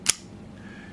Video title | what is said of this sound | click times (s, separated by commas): Arcus 94 C | get her a nice click | 0.1 s